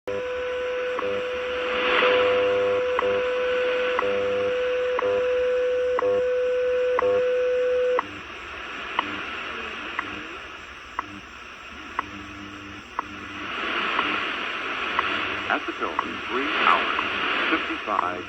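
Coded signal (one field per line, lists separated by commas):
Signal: radio time signal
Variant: WWV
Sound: steady mid-pitch tone with a short tick every second, tone stops, ticks continue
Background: radio static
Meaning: Broadcasts Coordinated Universal Time for clock synchronization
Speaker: what the heck you just saw was WWV radio which originates from the National Institute of Standards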